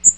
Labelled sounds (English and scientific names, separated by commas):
Magnolia Warbler (Setophaga magnolia) flight call